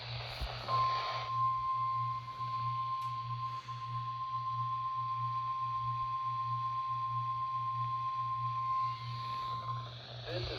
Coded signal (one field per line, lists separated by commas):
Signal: Emergency Alert System (SAME) tones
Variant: 1050 Hz attention tone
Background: speech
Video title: BIRTHDAY WEEKLY ON KZZ28 - 3/12/25 (EAS #1500)